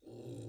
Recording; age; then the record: pig call; weaner (32 to 43 days)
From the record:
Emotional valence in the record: negative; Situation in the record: restrain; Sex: male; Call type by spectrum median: low-frequency call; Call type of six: low-frequency stable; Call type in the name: low-frequency stable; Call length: 0.49 s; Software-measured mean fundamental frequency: 54 Hz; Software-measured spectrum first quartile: 148 Hz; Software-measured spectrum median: 306 Hz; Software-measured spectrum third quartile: 533 Hz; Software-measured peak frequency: 344 Hz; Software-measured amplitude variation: 116 dB a second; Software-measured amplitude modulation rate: 28.3 a second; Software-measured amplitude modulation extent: 4.1 dB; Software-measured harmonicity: -0.7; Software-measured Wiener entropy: 0.41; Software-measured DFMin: 988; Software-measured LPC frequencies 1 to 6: 408, 2663, 3902, 5276, 6034, 7054 Hz